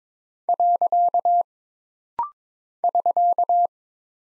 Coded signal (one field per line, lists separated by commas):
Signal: Morse code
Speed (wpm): 22 wpm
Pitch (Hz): 700 Hz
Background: none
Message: . <SK>